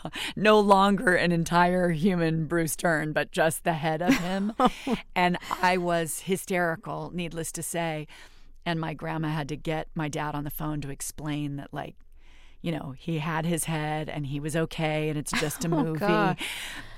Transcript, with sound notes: no longer an entire human Bruce Dern, but just the head of him.
(Laughter).
And I was hysterical, needless to say. And my grandma had to get my dad on the phone to explain that, like, you know, he had his head, and he was OK, and it's just a movie.